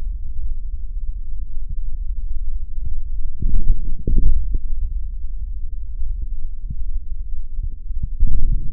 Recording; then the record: forearm muscle sounds (acoustic myography)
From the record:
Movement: forearm pronation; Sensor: system 3, bracelet of six PUI Audio POM-2738L microphones around the upper forearm, with dedicated amplification and filtering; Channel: 2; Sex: male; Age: 26 years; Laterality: right